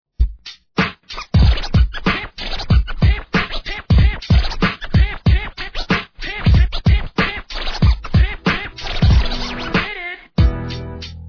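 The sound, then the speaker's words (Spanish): An upbeat hip-hop beat with punchy, steady drum hits and a busy layer of rhythmic turntable scratching running over it, loud throughout, dropping out briefly near the end. “Y continuamos con unos beats super movidos que te pondrán en sintonía.”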